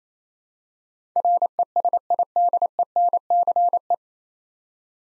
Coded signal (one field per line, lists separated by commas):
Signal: Morse code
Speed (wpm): 28 wpm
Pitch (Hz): 700 Hz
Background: none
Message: RESIDENCE